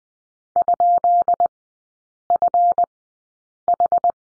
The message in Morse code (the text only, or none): ?FH